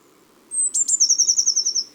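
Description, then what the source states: Eurasian Blue Tit song: a thin high note, two sharp ticks, then a quick trill of several even notes, over a quiet background. Part of a January birdsong review; song rendered as 'ti, ti, hu, hu, hu, hu'.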